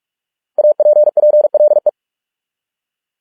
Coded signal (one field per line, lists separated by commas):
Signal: Morse code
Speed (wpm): 46 wpm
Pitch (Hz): 600 Hz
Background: none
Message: APPLE